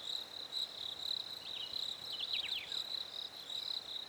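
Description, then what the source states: Crickets give a continuous high, buzzy chirping; around the middle a brief flurry of sliding, downward bird notes joins them. Recorded at a lake in winter; birds also present.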